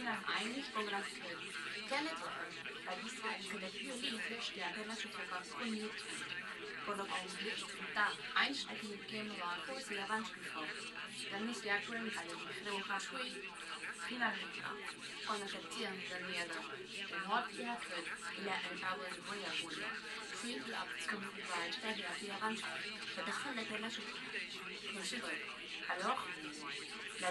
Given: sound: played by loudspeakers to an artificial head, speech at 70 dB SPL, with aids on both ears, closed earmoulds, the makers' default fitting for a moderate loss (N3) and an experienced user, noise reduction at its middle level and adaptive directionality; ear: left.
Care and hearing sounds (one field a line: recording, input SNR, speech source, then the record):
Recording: speech test signal (ISTS) in cocktail-party noise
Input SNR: +3 dB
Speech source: on the right (90 degrees)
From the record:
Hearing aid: class 1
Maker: E